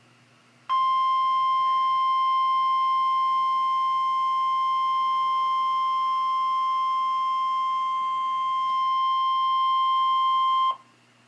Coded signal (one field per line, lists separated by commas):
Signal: Emergency Alert System (SAME) tones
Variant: 1050 Hz attention tone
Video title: {EXTREMELY RARE} EAS #288 - TORNADO EMERGENCY for EF4 Mayflower Vilonia AR Tornado 4-27-2014